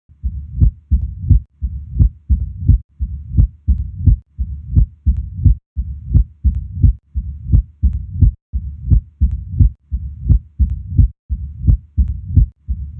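Regular, steady heartbeat with a low-pitched rumbling murmur filling the pauses and building into a loud, snapping first heart sound: the diastolic rumble of mitral stenosis, where a narrowed mitral valve obstructs blood flow from the left atrium into the ventricle.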